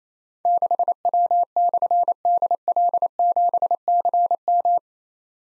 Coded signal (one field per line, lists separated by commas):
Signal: Morse code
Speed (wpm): 27 wpm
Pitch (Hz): 700 Hz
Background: none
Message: 6W/DL7CM